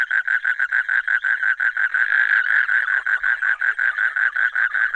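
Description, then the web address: Frog croaking in a rapid, steady series of pulsed notes, roughly three per second. Recorded 15 March 2015. "frog rec 150315"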